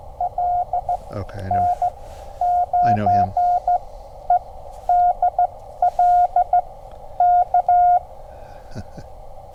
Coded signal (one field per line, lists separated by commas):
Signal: Morse code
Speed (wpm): 14 wpm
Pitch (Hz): 710 Hz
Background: speech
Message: L N9EDL K